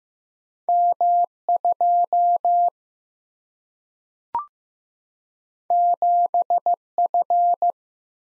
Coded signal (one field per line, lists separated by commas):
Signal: Morse code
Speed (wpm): 15 wpm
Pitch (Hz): 700 Hz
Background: none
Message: M 2 7 F